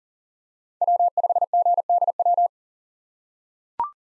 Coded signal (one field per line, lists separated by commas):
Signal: Morse code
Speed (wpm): 40 wpm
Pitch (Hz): 700 Hz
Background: none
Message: W5GDW